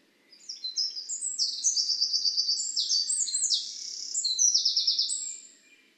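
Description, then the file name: Eurasian wren song: a long, loud, high-pitched cascade of rapid trills and sharp notes lasting about five seconds. "Troglodytes troglodytes"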